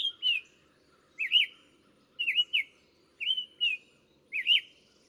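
Bird singing five quick phrases of swooping whistled notes topped by sharp clicks, about one per second, light hum underneath.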